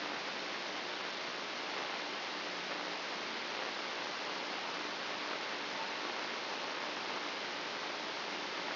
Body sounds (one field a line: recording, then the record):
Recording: brain microelectrode recording played as sound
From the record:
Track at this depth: inside the subthalamic nucleus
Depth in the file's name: 3.431 mm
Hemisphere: left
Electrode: 2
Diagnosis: Parkinson's disease